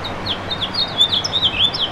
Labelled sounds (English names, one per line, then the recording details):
House Finch song
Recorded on Long Island, New York, on 27 June 2012
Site BE
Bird A